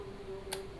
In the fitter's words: udah bunyi klik seperti itu empat terpasang dengan baik